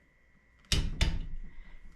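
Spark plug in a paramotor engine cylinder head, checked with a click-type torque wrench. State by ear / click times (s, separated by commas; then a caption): torque reached / 0.7 s. A click-type torque wrench is re-applied to double-check a spark plug in the cylinder head of a Nitro 200 paramotor engine. After a quiet background with a faint steady tone, the wrench gives a sharp click at 0.7 s, followed by a second sharp snap at 1.0 s that fades out. The wrench clicks at its setting, confirming the spark plug is torqued.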